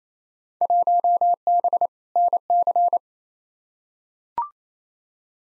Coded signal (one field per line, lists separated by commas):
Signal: Morse code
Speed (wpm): 28 wpm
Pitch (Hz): 700 Hz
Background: none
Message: 1B NC